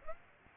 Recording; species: mosquito wingbeat signal from an infrared sensor; Aedes aegypti